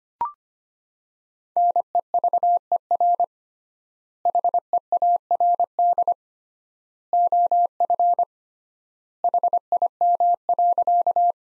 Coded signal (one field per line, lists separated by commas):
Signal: Morse code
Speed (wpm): 25 wpm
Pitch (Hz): 700 Hz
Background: none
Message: NEVER HEARD OF HIM.